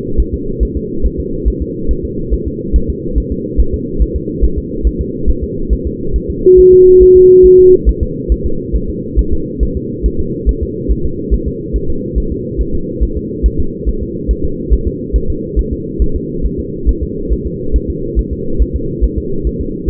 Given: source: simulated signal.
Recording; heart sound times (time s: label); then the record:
fetal heart sounds
0.20 s: S1
0.34 s: S2
0.63 s: S1
0.77 s: S2
1.06 s: S1
1.20 s: S2
1.48 s: S1
1.62 s: S2
1.91 s: S1
2.05 s: S2
2.34 s: S1
2.48 s: S2
2.76 s: S1
2.90 s: S2
3.18 s: S1
3.32 s: S2
3.60 s: S1
3.74 s: S2
4.02 s: S1
4.16 s: S2
4.44 s: S1
4.58 s: S2
4.87 s: S1
5.01 s: S2
5.30 s: S1
5.44 s: S2
5.73 s: S1
5.87 s: S2
6.16 s: S1
6.30 s: S2
6.59 s: S1
6.73 s: S2
7.03 s: S1
7.17 s: S2
7.46 s: S1
7.60 s: S2
7.89 s: S1
8.03 s: S2
8.32 s: S1
8.46 s: S2
8.76 s: S1
8.89 s: S2
9.19 s: S1
9.33 s: S2
9.63 s: S1
9.77 s: S2
10.06 s: S1
10.20 s: S2
10.49 s: S1
10.63 s: S2
10.92 s: S1
11.05 s: S2
11.34 s: S1
11.48 s: S2
11.76 s: S1
11.90 s: S2
12.18 s: S1
12.32 s: S2
12.61 s: S1
12.75 s: S2
13.03 s: S1
13.17 s: S2
13.46 s: S1
13.60 s: S2
13.89 s: S1
14.03 s: S2
14.31 s: S1
14.45 s: S2
14.74 s: S1
14.88 s: S2
15.16 s: S1
15.30 s: S2
15.59 s: S1
15.73 s: S2
16.02 s: S1
16.16 s: S2
16.46 s: S1
16.60 s: S2
16.89 s: S1
17.03 s: S2
17.33 s: S1
17.47 s: S2
17.76 s: S1
17.90 s: S2
18.19 s: S1
18.33 s: S2
18.62 s: S1
18.76 s: S2
19.04 s: S1
19.18 s: S2
19.47 s: S1
19.61 s: S2
From the record:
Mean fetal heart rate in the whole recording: 140 bpm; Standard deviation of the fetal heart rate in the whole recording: 2 bpm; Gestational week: 34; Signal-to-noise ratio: -8.1 dB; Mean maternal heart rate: 72 bpm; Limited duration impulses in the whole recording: present